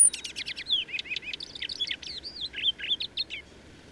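Bird song: a quick, lively run of high chirps, slurred whistles and short trills, with a soft low background hum underneath.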